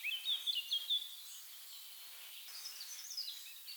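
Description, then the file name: Eurasian blackcap singing a short, fast warbling phrase of mixed chattering and clearer notes, then fainter bird calls in the background. "Sylvia atricapilla"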